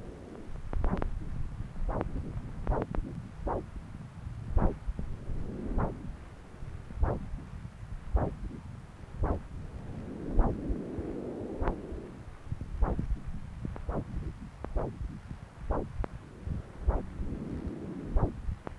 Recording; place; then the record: Doppler ultrasound of blood flow; left subclavian vein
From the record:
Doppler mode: continuous wave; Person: adult scuba diver, at rest before a dive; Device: O'Dive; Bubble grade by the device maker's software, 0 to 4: 0